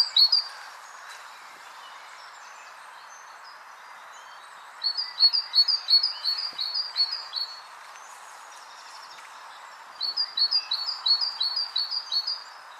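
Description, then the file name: Great tit giving bursts of rapid, high, ringing two-note phrases separated by quiet pauses, over low background noise. "Parus major"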